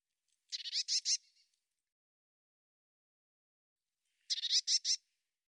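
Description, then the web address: Eurasian blue tit call: two bursts of rasping, buzzy notes roughly four seconds apart, each of four or five quick pulses. "cianscape birddata Deverinetal 2025 File cleaned normalized Bird Cy Ca"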